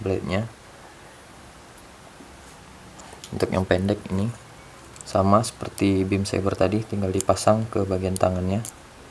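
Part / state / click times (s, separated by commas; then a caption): short plastic beam saber into model kit hand / not seated / none. A short plastic beam saber from a Gundam HG Exia Trans-Am Mode model kit is handled while being fitted into the kit's hand, a somewhat loose fit, as someone talks over quiet background. Nothing has seated or clicked yet; the part is not yet home when the clip ends.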